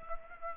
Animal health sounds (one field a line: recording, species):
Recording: mosquito wingbeat signal from an infrared sensor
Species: Culex pipiens